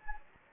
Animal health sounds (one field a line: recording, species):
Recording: mosquito wingbeat signal from an infrared sensor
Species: Anopheles gambiae